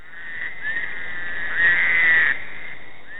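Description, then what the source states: Fowler's toad giving a long, buzzy, nasal wail, louder in the middle. Crying-like call, recorded along the James River near Howardsville, Virginia, on an evening in July 2009.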